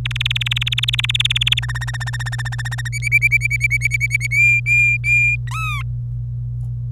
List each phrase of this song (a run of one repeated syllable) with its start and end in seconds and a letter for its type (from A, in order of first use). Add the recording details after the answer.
0.05-1.59 A, 1.62-2.88 B, 2.92-4.27 C, 4.31-5.36 D, 5.48-5.83 E. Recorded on 26 April 2018 at 08:52. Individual llb3